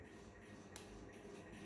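With the air box cover off, a plastic wiring connector is pushed by finger into the throttle position sensor of a Royal Enfield Himalayan motorcycle. A single short, sharp click at 0.8 s rises above a steady low background. The connector seats with that click.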